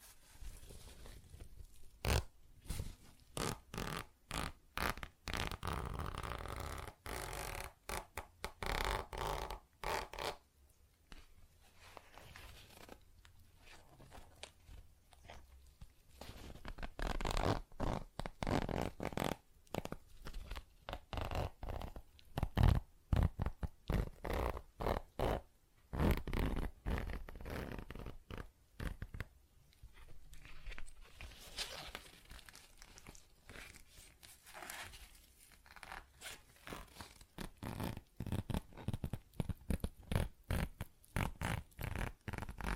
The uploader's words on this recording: ASMR Tapping, Scratching & Zipper Sounds (No Talking).